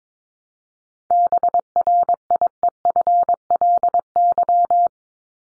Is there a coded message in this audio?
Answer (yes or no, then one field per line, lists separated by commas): yes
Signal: Morse code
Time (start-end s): 1.1-4.9 s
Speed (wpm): 22 wpm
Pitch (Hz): 700 Hz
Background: none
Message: BRIEFLY